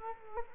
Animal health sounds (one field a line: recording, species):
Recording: mosquito wingbeat signal from an infrared sensor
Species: Culex quinquefasciatus